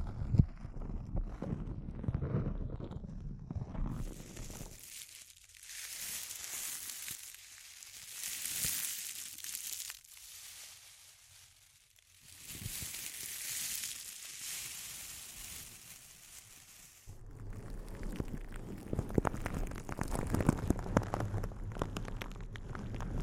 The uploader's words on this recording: ASMR Intense Close-Up Crinkles (No Talking).